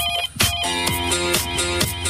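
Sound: telephone ringing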